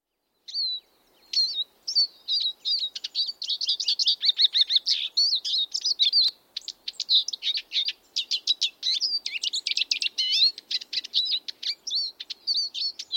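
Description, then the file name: Eurasian siskin twittering: a long, busy stream of high chirps and rapid trills, with a faint low rumble beneath. Border Forest. "siskins"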